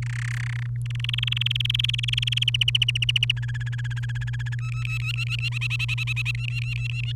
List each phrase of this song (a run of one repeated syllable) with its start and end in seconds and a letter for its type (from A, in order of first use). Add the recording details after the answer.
0.02-0.66 A, 0.86-2.44 B, 2.48-3.32 C, 3.37-4.55 D, 4.58-5.49 E, 5.52-6.31 F, 6.35-7.12 E. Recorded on 30 April 2018 at 05:45. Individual llb3